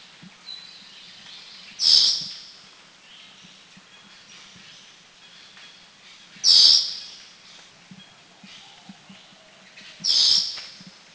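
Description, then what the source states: Blue Whistling Thrush giving three harsh, high screeching calls, each short and explosive, spaced about four seconds apart, over a faint low hum. Recorded in northern Thailand.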